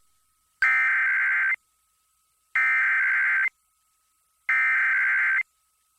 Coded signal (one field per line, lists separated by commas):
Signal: Emergency Alert System (SAME) tones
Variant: header bursts